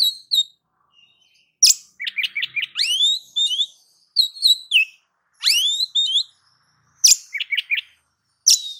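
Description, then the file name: Oriental magpie-robin singing loud, varied phrases: quick chip series, rising swept whistles and sharp high notes, delivered in bursts with short gaps. "Suara Kacer"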